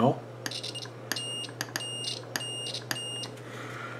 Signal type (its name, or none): none